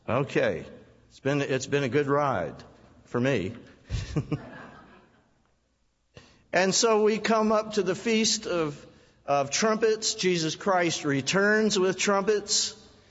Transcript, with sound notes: Okay. It's been a good ride for me. (Laughter) And so we come up to the Feast of Trumpets; Jesus Christ returns with trumpets.